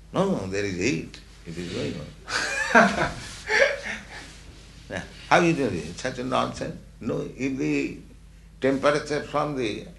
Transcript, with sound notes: "No, there is heat. It is going on." [laughter] "So how you do this, such a nonsense?" "No, if the temperature from the